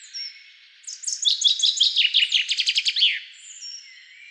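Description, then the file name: Common chaffinch song: a run of sharp high notes tumbling downward to a final flourish. "Fringilla coelebs"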